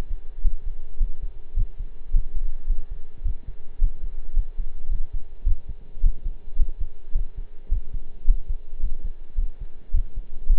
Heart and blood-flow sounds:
heart sounds by stethoscope; between the tricuspid and mitral areas; 107 bpm
0.44 s: heartbeat
1.00 s: heartbeat
1.56 s: heartbeat
2.13 s: heartbeat
2.69 s: heartbeat
3.25 s: heartbeat
3.81 s: heartbeat
4.36 s: heartbeat
4.91 s: heartbeat
5.46 s: heartbeat
6.03 s: heartbeat
6.58 s: heartbeat
7.15 s: heartbeat
7.71 s: heartbeat
8.27 s: heartbeat
8.82 s: heartbeat
9.38 s: heartbeat
9.93 s: heartbeat
10.49 s: heartbeat
From the record:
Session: pedaling a stationary bicycle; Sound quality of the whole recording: partially saturated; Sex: male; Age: 23 years

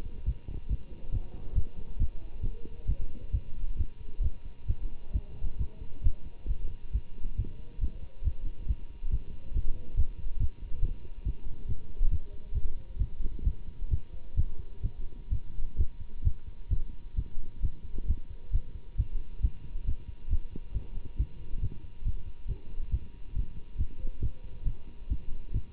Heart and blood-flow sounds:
heart sounds by stethoscope; between the tricuspid and mitral areas; 135 bpm
0.25 s: heartbeat
0.68 s: heartbeat
1.11 s: heartbeat
1.55 s: heartbeat
1.99 s: heartbeat
2.42 s: heartbeat
2.87 s: heartbeat
3.32 s: heartbeat
3.77 s: heartbeat
4.22 s: heartbeat
4.67 s: heartbeat
5.13 s: heartbeat
5.58 s: heartbeat
6.03 s: heartbeat
6.48 s: heartbeat
6.92 s: heartbeat
7.37 s: heartbeat
7.80 s: heartbeat
8.24 s: heartbeat
8.67 s: heartbeat
9.11 s: heartbeat
9.53 s: heartbeat
9.96 s: heartbeat
10.39 s: heartbeat
10.81 s: heartbeat
11.24 s: heartbeat
11.67 s: heartbeat
12.10 s: heartbeat
12.54 s: heartbeat
12.98 s: heartbeat
13.44 s: heartbeat
13.90 s: heartbeat
14.36 s: heartbeat
14.82 s: heartbeat
15.30 s: heartbeat
15.77 s: heartbeat
16.24 s: heartbeat
16.70 s: heartbeat
17.16 s: heartbeat
17.62 s: heartbeat
18.07 s: heartbeat
18.52 s: heartbeat
18.97 s: heartbeat
19.42 s: heartbeat
19.86 s: heartbeat
20.30 s: heartbeat
20.74 s: heartbeat
21.17 s: heartbeat
21.61 s: heartbeat
22.04 s: heartbeat
22.47 s: heartbeat
22.91 s: heartbeat
23.34 s: heartbeat
23.77 s: heartbeat
24.21 s: heartbeat
24.65 s: heartbeat
25.09 s: heartbeat
25.53 s: heartbeat
From the record:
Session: Bruce protocol treadmill stress test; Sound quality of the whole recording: good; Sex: male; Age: 24 years

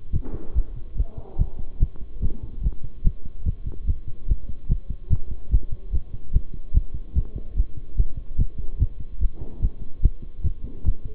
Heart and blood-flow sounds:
heart sounds by stethoscope; between the tricuspid and mitral areas; 145 bpm
0.13 s: heartbeat
0.55 s: heartbeat
0.97 s: heartbeat
1.39 s: heartbeat
1.80 s: heartbeat
2.22 s: heartbeat
2.63 s: heartbeat
3.04 s: heartbeat
3.46 s: heartbeat
3.87 s: heartbeat
4.28 s: heartbeat
4.69 s: heartbeat
5.10 s: heartbeat
5.51 s: heartbeat
5.93 s: heartbeat
6.33 s: heartbeat
6.74 s: heartbeat
7.15 s: heartbeat
7.57 s: heartbeat
7.97 s: heartbeat
8.38 s: heartbeat
8.80 s: heartbeat
9.21 s: heartbeat
9.62 s: heartbeat
10.03 s: heartbeat
10.44 s: heartbeat
10.85 s: heartbeat
From the record:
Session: bicycle stress test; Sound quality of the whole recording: good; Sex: male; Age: 23 years

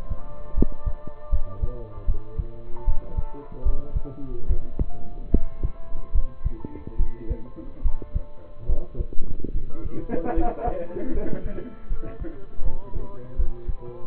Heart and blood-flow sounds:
heart sounds by stethoscope; between the tricuspid and mitral areas; 75 bpm
0.54 s: heartbeat
1.30 s: heartbeat
2.05 s: heartbeat
2.85 s: heartbeat
3.63 s: heartbeat
4.47 s: heartbeat
5.31 s: heartbeat
6.12 s: heartbeat
6.97 s: heartbeat
7.82 s: heartbeat
8.66 s: heartbeat
9.52 s: heartbeat
10.34 s: heartbeat
11.12 s: heartbeat
11.88 s: heartbeat
12.63 s: heartbeat
13.36 s: heartbeat
From the record:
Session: rest, lying down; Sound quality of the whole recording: partially saturated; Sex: male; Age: 27 years

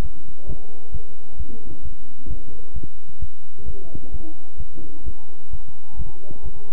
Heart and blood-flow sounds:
heart sounds by stethoscope; between the tricuspid and mitral areas; 131 bpm
0.02 s: heartbeat
0.47 s: heartbeat
0.92 s: heartbeat
1.37 s: heartbeat
1.83 s: heartbeat
2.28 s: heartbeat
2.74 s: heartbeat
3.20 s: heartbeat
3.66 s: heartbeat
4.12 s: heartbeat
4.58 s: heartbeat
5.04 s: heartbeat
5.51 s: heartbeat
5.97 s: heartbeat
6.43 s: heartbeat
From the record:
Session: bicycle stress test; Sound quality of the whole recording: good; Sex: male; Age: 23 years

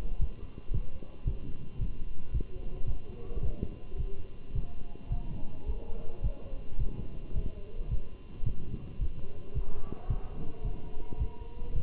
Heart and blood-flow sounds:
heart sounds by stethoscope; between the tricuspid and mitral areas; 109 bpm
0.21 s: heartbeat
0.74 s: heartbeat
1.27 s: heartbeat
1.81 s: heartbeat
2.34 s: heartbeat
2.88 s: heartbeat
3.43 s: heartbeat
3.98 s: heartbeat
4.55 s: heartbeat
5.12 s: heartbeat
5.68 s: heartbeat
6.24 s: heartbeat
6.80 s: heartbeat
7.36 s: heartbeat
7.91 s: heartbeat
8.46 s: heartbeat
9.01 s: heartbeat
9.55 s: heartbeat
10.10 s: heartbeat
10.65 s: heartbeat
11.20 s: heartbeat
11.76 s: heartbeat
From the record:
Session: walking at 3.7 km/h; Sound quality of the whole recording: good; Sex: male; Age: 27 years

